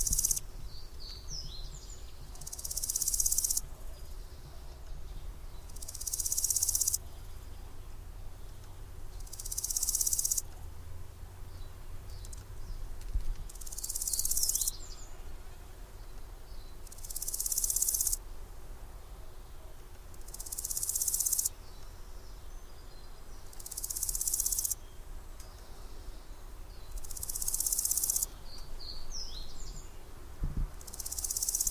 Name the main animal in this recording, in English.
Large Gold Grasshopper